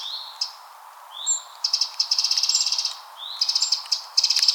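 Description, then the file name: Eurasian wren giving upward-slurred whistles followed by fast, high, rattling trills in a few loud bursts, over a soft background hiss. "Troglodytes troglodytes"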